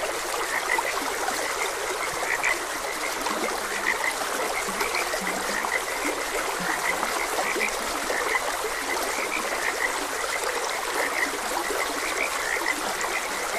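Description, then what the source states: Steady chorus of frog croaks, brief and frequent, beneath the unbroken sound of trickling water. Frogs croaking beside a gentle stream.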